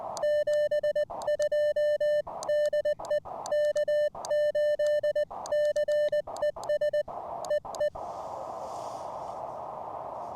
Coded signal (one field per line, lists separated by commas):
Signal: Morse code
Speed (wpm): 20 wpm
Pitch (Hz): 600 Hz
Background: music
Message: 72 DE K8CES EE